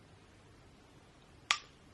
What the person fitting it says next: There's the click and it's giving you the exact dose that you need day-to-day.